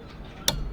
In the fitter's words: to take off and push in there, pivots out, and then just clicks back in